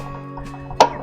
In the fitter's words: విధంగా టక్కని సౌండ్ వస్తుంది అప్పుడు కొంచెం పోకుండా ఉంటుంది